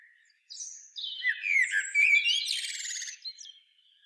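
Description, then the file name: Common blackbird giving a warbled phrase of squeaky, high twittering notes lasting about three seconds. "Turdus merula"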